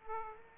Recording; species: mosquito wingbeat signal from an infrared sensor; Aedes aegypti